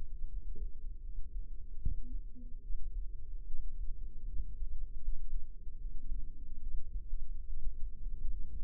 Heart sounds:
heart sounds by microphone in the left ear; 75 bpm
0.27 s: heartbeat
1.01 s: heartbeat
1.78 s: heartbeat
2.61 s: heartbeat
3.46 s: heartbeat
4.27 s: heartbeat
5.00 s: heartbeat
5.77 s: heartbeat
6.60 s: heartbeat
7.46 s: heartbeat
8.30 s: heartbeat
From the record:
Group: healthy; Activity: cold pressor test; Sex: female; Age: 22 years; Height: 160 cm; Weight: 63 kg

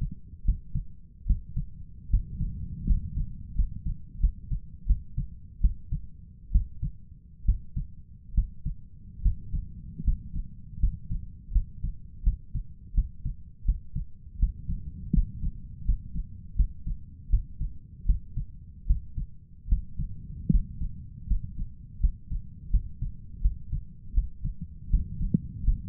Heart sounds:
heart sounds by stethoscope; 79 bpm
0.45 s: heartbeat
1.26 s: heartbeat
2.10 s: heartbeat
2.86 s: heartbeat
3.55 s: heartbeat
4.20 s: heartbeat
4.86 s: heartbeat
5.61 s: heartbeat
6.52 s: heartbeat
7.45 s: heartbeat
8.34 s: heartbeat
9.22 s: heartbeat
10.04 s: heartbeat
10.80 s: heartbeat
11.52 s: heartbeat
12.23 s: heartbeat
12.94 s: heartbeat
13.65 s: heartbeat
14.39 s: heartbeat
15.13 s: heartbeat
15.85 s: heartbeat
16.56 s: heartbeat
17.30 s: heartbeat
18.06 s: heartbeat
18.87 s: heartbeat
19.68 s: heartbeat
20.51 s: heartbeat
21.27 s: heartbeat
22.00 s: heartbeat
22.71 s: heartbeat
23.41 s: heartbeat
24.14 s: heartbeat
24.90 s: heartbeat
25.64 s: heartbeat
From the record:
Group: healthy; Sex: male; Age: 23 years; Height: 179 cm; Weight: 87 kg

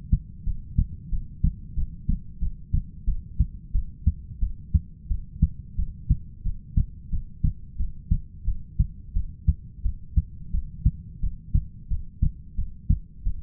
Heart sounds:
heart sounds by stethoscope; 89 bpm
0.45 s: heartbeat
1.11 s: heartbeat
1.75 s: heartbeat
2.40 s: heartbeat
3.06 s: heartbeat
3.73 s: heartbeat
4.41 s: heartbeat
5.09 s: heartbeat
5.77 s: heartbeat
6.44 s: heartbeat
7.11 s: heartbeat
7.78 s: heartbeat
8.46 s: heartbeat
9.14 s: heartbeat
9.83 s: heartbeat
10.52 s: heartbeat
11.21 s: heartbeat
11.89 s: heartbeat
12.56 s: heartbeat
13.24 s: heartbeat
From the record:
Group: heart failure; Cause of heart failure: ischemic heart disease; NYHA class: 1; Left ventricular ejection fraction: 38%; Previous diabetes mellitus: present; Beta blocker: bisoprolol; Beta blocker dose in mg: 15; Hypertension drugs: sacubitril-valsartan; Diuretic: furosemide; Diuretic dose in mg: 20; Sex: male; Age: 33 years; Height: 172 cm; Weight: 78.5 kg

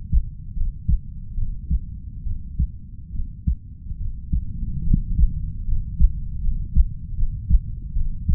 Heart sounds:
heart sounds by stethoscope; 73 bpm
0.53 s: heartbeat
1.35 s: heartbeat
2.23 s: heartbeat
3.12 s: heartbeat
3.98 s: heartbeat
4.83 s: heartbeat
5.65 s: heartbeat
6.41 s: heartbeat
7.15 s: heartbeat
7.93 s: heartbeat
From the record:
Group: healthy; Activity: cold pressor test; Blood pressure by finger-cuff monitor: 129/73 mmHg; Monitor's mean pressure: 90 mmHg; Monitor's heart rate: 74 bpm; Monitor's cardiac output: 5.9 L/min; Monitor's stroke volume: 80 mL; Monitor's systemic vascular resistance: 1120 dyn s/cm5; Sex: female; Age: 32 years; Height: 168 cm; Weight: 61.9 kg

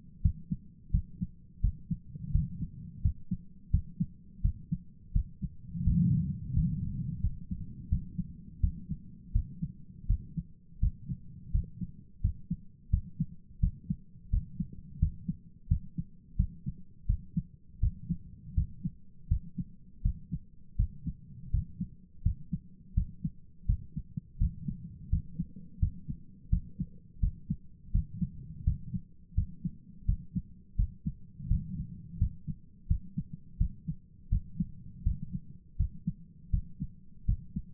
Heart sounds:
heart sounds by stethoscope; 84 bpm
0.21 s: heartbeat
0.90 s: heartbeat
1.60 s: heartbeat
2.31 s: heartbeat
3.01 s: heartbeat
3.70 s: heartbeat
4.41 s: heartbeat
5.12 s: heartbeat
5.83 s: heartbeat
6.52 s: heartbeat
7.20 s: heartbeat
7.88 s: heartbeat
8.59 s: heartbeat
9.31 s: heartbeat
10.06 s: heartbeat
10.79 s: heartbeat
11.50 s: heartbeat
12.20 s: heartbeat
12.89 s: heartbeat
13.59 s: heartbeat
14.29 s: heartbeat
14.98 s: heartbeat
15.67 s: heartbeat
16.35 s: heartbeat
17.05 s: heartbeat
17.79 s: heartbeat
18.53 s: heartbeat
19.27 s: heartbeat
20.01 s: heartbeat
20.75 s: heartbeat
21.50 s: heartbeat
22.22 s: heartbeat
22.93 s: heartbeat
23.65 s: heartbeat
24.37 s: heartbeat
25.09 s: heartbeat
25.78 s: heartbeat
26.49 s: heartbeat
27.19 s: heartbeat
27.91 s: heartbeat
28.63 s: heartbeat
29.34 s: heartbeat
30.05 s: heartbeat
30.75 s: heartbeat
31.47 s: heartbeat
32.17 s: heartbeat
32.87 s: heartbeat
33.57 s: heartbeat
34.28 s: heartbeat
35.03 s: heartbeat
35.76 s: heartbeat
36.50 s: heartbeat
37.25 s: heartbeat
From the record:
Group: healthy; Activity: rest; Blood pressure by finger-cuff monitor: 158/85 mmHg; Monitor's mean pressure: 103 mmHg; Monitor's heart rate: 84 bpm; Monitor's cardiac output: 8.3 L/min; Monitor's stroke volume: 98 mL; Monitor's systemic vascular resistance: 920 dyn s/cm5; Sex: male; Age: 57 years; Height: 188 cm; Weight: 106 kg

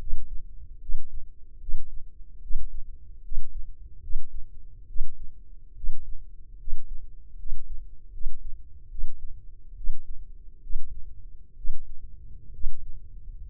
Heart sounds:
heart sounds by microphone in the left ear; 71 bpm
0.79 s: heartbeat
1.59 s: heartbeat
2.41 s: heartbeat
3.22 s: heartbeat
4.00 s: heartbeat
4.86 s: heartbeat
5.74 s: heartbeat
6.57 s: heartbeat
7.36 s: heartbeat
8.11 s: heartbeat
8.89 s: heartbeat
9.75 s: heartbeat
10.61 s: heartbeat
11.55 s: heartbeat
12.51 s: heartbeat
13.45 s: heartbeat
From the record:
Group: healthy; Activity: rest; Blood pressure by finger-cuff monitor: 130/79 mmHg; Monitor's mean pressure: 95 mmHg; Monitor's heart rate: 71 bpm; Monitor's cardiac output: 6 L/min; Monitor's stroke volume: 83 mL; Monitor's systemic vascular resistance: 1140 dyn s/cm5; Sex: male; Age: 21 years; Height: 180 cm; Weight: 67.5 kg

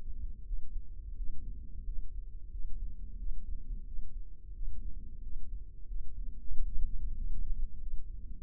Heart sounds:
heart sounds by microphone in the left ear; 90 bpm
0.47 s: heartbeat
1.18 s: heartbeat
1.87 s: heartbeat
2.53 s: heartbeat
3.19 s: heartbeat
3.87 s: heartbeat
4.56 s: heartbeat
5.24 s: heartbeat
5.89 s: heartbeat
6.53 s: heartbeat
7.17 s: heartbeat
7.82 s: heartbeat
From the record:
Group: healthy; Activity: rest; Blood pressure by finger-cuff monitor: 142/88 mmHg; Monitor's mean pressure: 108 mmHg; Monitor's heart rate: 89 bpm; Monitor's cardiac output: 7.3 L/min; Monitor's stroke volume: 82 mL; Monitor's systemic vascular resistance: 1070 dyn s/cm5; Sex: male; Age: 21 years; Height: 175 cm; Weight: 72.6 kg

